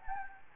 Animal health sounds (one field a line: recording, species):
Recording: mosquito wingbeat signal from an infrared sensor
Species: Anopheles gambiae